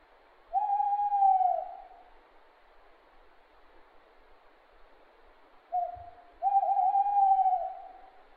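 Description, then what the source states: Owl giving long, level hoots: one sustained note, several seconds of silence, then a brief clipped note followed closely by a second extended hoot. Recorded near Inchadney.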